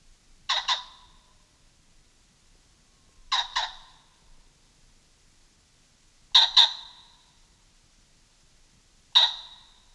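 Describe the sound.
Common pheasant giving harsh, loud double-noted crows, each pair of barking notes repeated about every three seconds, with near silence between calls.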